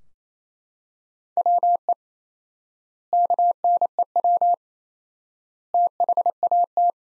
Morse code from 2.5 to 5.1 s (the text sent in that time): KNEW